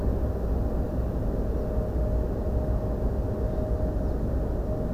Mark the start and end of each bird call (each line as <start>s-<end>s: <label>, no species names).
1.56s-1.67s: bird call
4.03s-4.14s: bird call